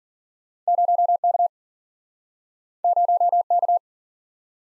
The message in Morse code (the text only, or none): 0K 0K